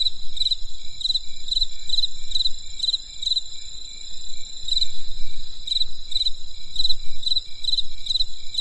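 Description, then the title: Insect chirping in bursts, many pulsed trills with a pause, against a persistent high whine and faint low background rumble. Crisp insect sounds on a winter night in the countryside. "There was a crisp sound of insects in the winter night. Come and experience a sound therapy feast from the countryside"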